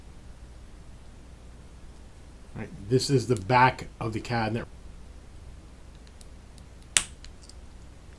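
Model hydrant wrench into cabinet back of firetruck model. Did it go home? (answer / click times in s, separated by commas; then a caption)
yes / 7.0 s. Someone talks while a small plastic hydrant wrench is pressed onto the back of the storage cabinet of a die-cast/plastic Agora Models FDNY Ladder 9 firetruck model. With a little bit of pressure, a single sharp snap is heard at 7.0 s, followed by a few faint ticks. The wrench is seated in place.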